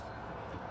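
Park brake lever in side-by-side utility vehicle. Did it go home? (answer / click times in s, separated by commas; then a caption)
no / none. In the cab of a 2024 Can-Am Defender Texas Edition side-by-side utility vehicle, the foot pedal is held down and the park brake lever is pulled up, with only a steady low rumble heard for under a second and no distinct click. The lever fails to lock because the pedal was not pushed hard enough, so nothing has clicked or locked yet.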